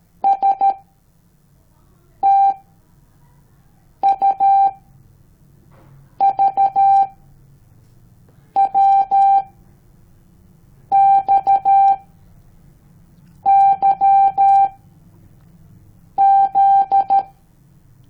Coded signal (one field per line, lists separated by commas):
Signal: Morse code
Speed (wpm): 13 wpm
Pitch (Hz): 790 Hz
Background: none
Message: S T U V W X Y Z